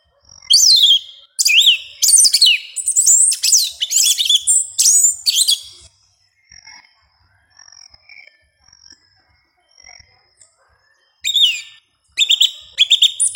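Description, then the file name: Yellow-legged thrush giving a dense run of high, twittering, slurred song phrases, a pause with soft thin notes, then renewed sharp high phrases. "Canto do sabia una"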